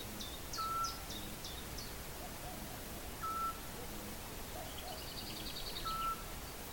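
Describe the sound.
Animal calls: a clear steady whistle sounds three times at regular intervals, alongside a run of high stuttering chirps early on and another chirping phrase near the end, over background noise.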